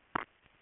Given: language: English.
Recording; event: throat vibration sensor signal played as sound; swallow